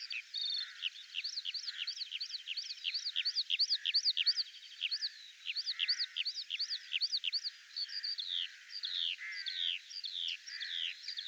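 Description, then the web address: Bird song, rapid high chirps and sweeping whistled notes running almost without pause. "birddata Deverinetal 2025 Bird"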